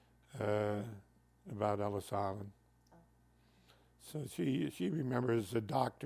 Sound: none

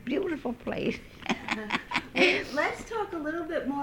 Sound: she laughs

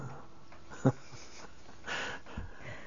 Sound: he laughs

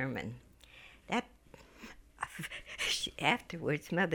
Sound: she laughs

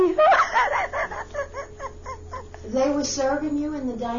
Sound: she laughs

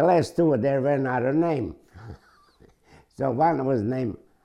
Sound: chuckles

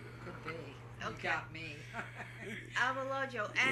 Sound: they laugh

